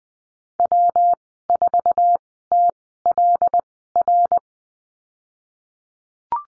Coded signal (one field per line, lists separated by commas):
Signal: Morse code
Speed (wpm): 20 wpm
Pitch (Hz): 700 Hz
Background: none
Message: W 4 T L R